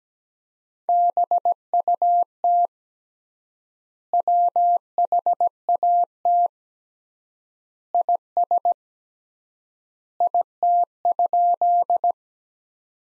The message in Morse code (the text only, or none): BUT WHAT IS IT?